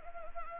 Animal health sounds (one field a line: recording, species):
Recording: mosquito wingbeat signal from an infrared sensor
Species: Anopheles gambiae